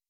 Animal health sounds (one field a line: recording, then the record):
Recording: hydrophone in a shrimp aquaculture tank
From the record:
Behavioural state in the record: weakened